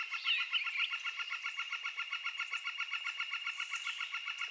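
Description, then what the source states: Northern flicker giving a fast run of repeated even notes, several per second throughout, with a brief squeaky note from another bird at the start. Subspecies Colaptes auratus collaris.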